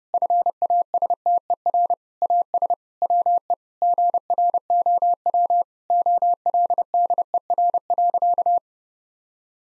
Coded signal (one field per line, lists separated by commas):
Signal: Morse code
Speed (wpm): 32 wpm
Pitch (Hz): 700 Hz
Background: none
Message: FASTER AS WE GROW OLDER.